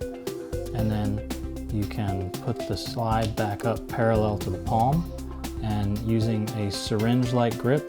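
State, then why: Not seated. Someone talks over background music while handling a finger extension orthosis on a finger, putting its slide back up parallel to the palm and taking a syringe-like grip before squeezing. The ratchet has not clicked into place yet; nothing has seated.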